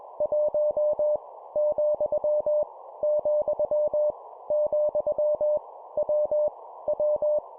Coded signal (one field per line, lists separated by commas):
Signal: Morse code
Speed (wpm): 21 wpm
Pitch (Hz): 600 Hz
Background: none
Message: 1 , , , W W